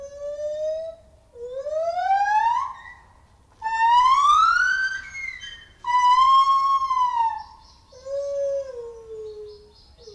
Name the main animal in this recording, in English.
Lar Gibbon